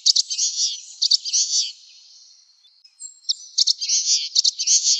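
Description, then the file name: Common waxbill calls: high buzzy nasal notes in quick bursts separated by sharp ticks, with a short quiet gap in the middle. "suara common waxbill"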